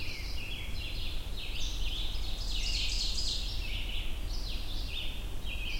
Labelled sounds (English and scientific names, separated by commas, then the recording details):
Ovenbird (Seiurus aurocapilla) song
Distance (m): 40 m
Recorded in boreal forest in Alberta, Canada, on 22 June 2016 at 08:28
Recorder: SongMeter 3, array SBT-6-76
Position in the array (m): 19 m, 112 m
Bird 2